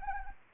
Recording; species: mosquito wingbeat signal from an infrared sensor; Anopheles arabiensis